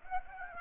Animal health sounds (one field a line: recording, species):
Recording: mosquito wingbeat signal from an infrared sensor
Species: Aedes aegypti